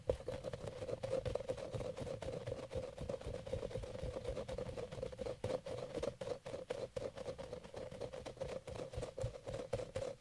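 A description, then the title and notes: Sticky squishing and brushing of soft toys makes a dense, constant crackle of tiny clicks and pops for the full ten seconds. Underneath runs a steady mid-pitched hum with a low rumble, like a running machine. Relax with squishy octopus and mermaid brushes...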